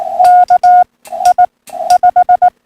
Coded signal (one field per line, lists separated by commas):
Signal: Morse code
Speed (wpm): 19 wpm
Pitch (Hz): 720 Hz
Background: none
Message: K I 5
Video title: Sunday Morning POTA Hunt - 5-242026